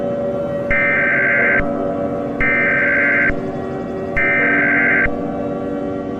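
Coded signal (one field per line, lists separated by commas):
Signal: Emergency Alert System (SAME) tones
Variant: header bursts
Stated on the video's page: A fictional EAS scenario, not a real alert.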